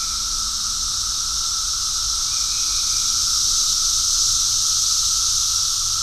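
Cicada chorus: a continuous high sizzling drone that swells slightly, with a thin steady tone below and a soft low background hum.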